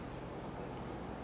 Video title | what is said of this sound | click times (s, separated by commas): Strongest CNC Miter Joint | mortise side which is one layer of that side pops into place | 0.2 s